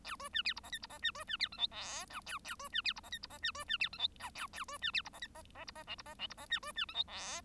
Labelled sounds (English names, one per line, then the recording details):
Bengalese Finch song
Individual Bird1